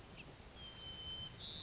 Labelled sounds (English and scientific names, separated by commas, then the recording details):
White-crowned Sparrow (Zonotrichia leucophrys)
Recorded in Sonoma County, California